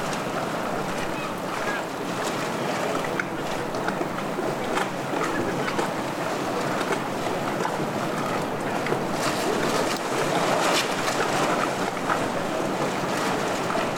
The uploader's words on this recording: Stormy Harbour Ambiance | City of Bristol. This field recording soundscape captures the vibrant ambiance of a stormy harbor.